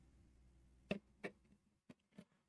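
A 3D-printed plastic cover part is pressed onto the top of an Enraged Rabbit Carrot Feeder V2.0 multi-filament feeder assembly and snaps into place with a sharp click at 0.9 s. A second, softer tap follows at about 1.3 s, with a few fainter knocks near 1.9 s and 2.2 s. The part is seated.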